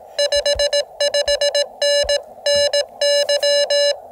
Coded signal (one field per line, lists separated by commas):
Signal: Morse code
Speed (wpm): 18 wpm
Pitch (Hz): 2900 Hz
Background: none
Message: 55N NY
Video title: Can the 17’ random wire work from the Gigaparts POTA20 mast QRP CW? Ham Radio experimenting again!